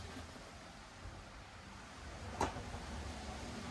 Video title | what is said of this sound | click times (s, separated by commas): HOW TO INSTALL NEW KICKER SPEAKERS IN YOUR CAR CHEAP AND EASY! (HONDA CIVIC 6.5 INCH DOOR SPEAKERS) | hear that little click. | 2.4 s